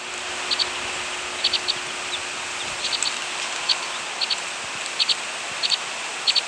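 White-winged Crossbill flight calls: short hard doubled notes, repeated roughly every half second to second, over a steady hiss.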